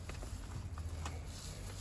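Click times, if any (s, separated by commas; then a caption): 1.1 s. An electrical connector is plugged into its slot on the cruise control stalk while the stalk is retrofitted on the steering column of a BMW E Series. Against a steady low hum, small ticks sound at 0.1 s and 0.8 s. The connector seats with a clear click at 1.1 s.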